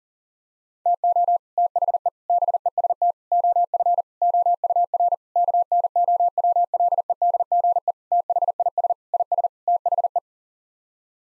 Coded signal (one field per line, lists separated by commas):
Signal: Morse code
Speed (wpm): 37 wpm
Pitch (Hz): 700 Hz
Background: none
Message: TO THE BEST OF OUR KNOWLEDGE THIS IS THE